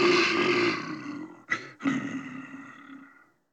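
Bear growling: a rough, throaty roar that breaks off briefly twice, then resumes and fades out.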